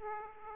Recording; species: mosquito wingbeat signal from an infrared sensor; Aedes aegypti